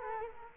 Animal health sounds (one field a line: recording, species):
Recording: mosquito wingbeat signal from an infrared sensor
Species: Culex quinquefasciatus